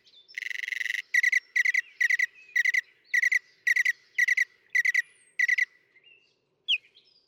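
Northern mockingbird song: a harsh buzzy burst, then a sharp doubled note repeated about ten times in steady rhythm, ending with a few thin rising whistles.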